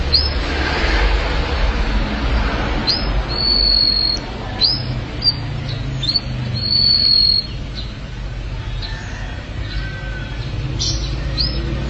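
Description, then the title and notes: Canary giving high upswept chirps and sustained level whistles at intervals, over constant low rumbling background noise. "BM Suara Kenari. BM Suara Burung Kenari"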